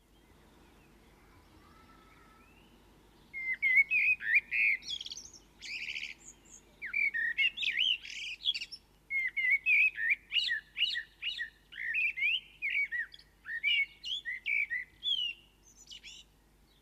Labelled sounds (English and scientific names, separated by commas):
Common Blackbird (Turdus merula) song